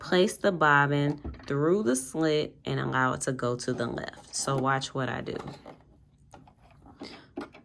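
Someone talks while holding a loaded bobbin with a finger and placing it through the slit of the bobbin case on a Brother XM2701 sewing machine, guiding it to the left. Faint handling sounds follow near the end of the clip. The bobbin has not seated or clicked yet.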